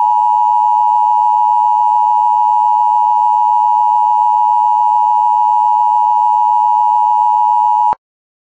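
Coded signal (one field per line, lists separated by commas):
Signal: Emergency Alert System (SAME) tones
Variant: 853 and 960 Hz attention tone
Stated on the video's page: IPAWS weekly test alerts.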